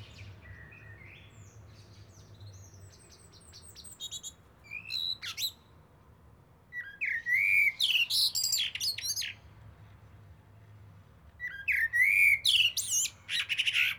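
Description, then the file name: Eurasian blackbird song: scattered high squeaky notes early, then two bursts of mellow fluted warbling with shrill twittering endings, separated by a pause; low background rumble. "Turdus merula"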